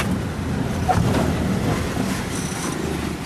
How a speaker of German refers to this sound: Das Verstauen der Esssachen gestaltet sich schwierig, denn der Wagen rumpelt heftig durch die unzähligen Schlaglöcher.